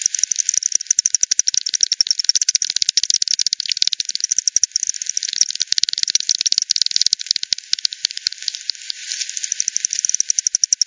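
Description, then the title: Bat echolocation heard as a crackling run of rapid clicks, dense and continuous, with sharper, more spaced ticks at the close. Several bats at Hogsmill River, Hogsmill Lane, 7 October 2020, 18:10; bat detector recording, frequency-divided by 10, band-pass filtered and resampled. "WW bat 20201007 T 18 : 10 Z-Hogsmill-Lane-Hogsmill-River-multiple-bats"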